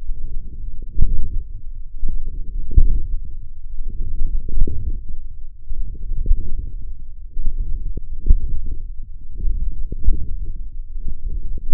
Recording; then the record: forearm muscle sounds (acoustic myography)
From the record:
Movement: forearm pronation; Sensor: system 1, eight BSWA MPA416 microphones around the upper forearm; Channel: 6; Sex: male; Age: 21 years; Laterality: right